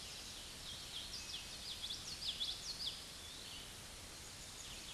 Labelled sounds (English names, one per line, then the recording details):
Common Yellowthroat song
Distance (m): 25 m
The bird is about 5 m above the microphone
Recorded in a Pennsylvania forest on 16 May 2024 at 09:37
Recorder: AudioMoth, point MSD-2429
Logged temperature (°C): 16.7 °C
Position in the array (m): 90 m, 93 m